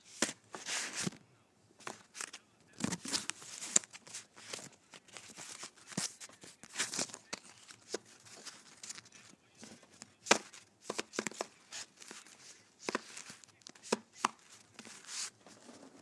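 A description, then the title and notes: Playing cards being handled, with sharp papery snaps and flicks scattered irregularly throughout. Short bursts cluster around the first second, near three seconds, and again around seven and thirteen seconds, with quieter shuffling rustles between them. ASMR Playing Cards.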